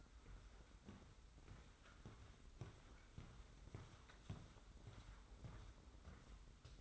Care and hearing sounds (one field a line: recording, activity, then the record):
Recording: daily activity, microphone in the room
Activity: walk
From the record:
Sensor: 3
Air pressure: 990.6 hPa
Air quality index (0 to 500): 171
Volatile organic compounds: 1000 ppm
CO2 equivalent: 5541 ppm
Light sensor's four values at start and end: 38/89/36/34 and 33/80/32/30